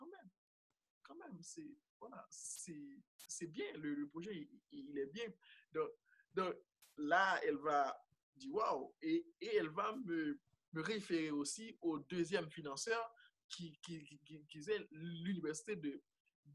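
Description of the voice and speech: French speech with repeated words like "qui, qui, qui, qui", stretched sounds and pauses: developmental stuttering.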